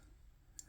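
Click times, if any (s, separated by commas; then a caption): 0.6 s. A small tab on the back lock of a titanium folding knife's handle is pushed in to unlock the blade. A single sharp click sounds at 0.6 s over a quiet background as the lock releases.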